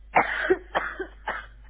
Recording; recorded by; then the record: voluntary cough; telephone call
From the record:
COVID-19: positive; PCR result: checked with the laboratory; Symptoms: yes